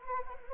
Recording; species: mosquito wingbeat signal from an infrared sensor; Anopheles arabiensis